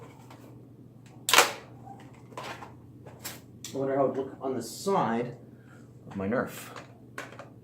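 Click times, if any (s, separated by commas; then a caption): 7.2 s. Someone talks while a plastic accessory is handled, with a sharp snap near 1.3 s and softer knocks after it. The accessory is turned the right way and fitted onto the side rail of a NERF toy blaster, and it locks on with a click at 7.2 s.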